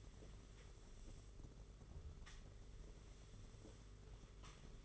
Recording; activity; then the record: daily activity, microphone in the room; sweep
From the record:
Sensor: 4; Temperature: 27.1 degrees Celsius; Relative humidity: 38.3%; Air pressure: 992.2 hPa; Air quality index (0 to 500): 110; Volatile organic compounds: 18 ppm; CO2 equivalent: 2631 ppm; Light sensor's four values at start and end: 22/74/27/29 and 22/75/27/29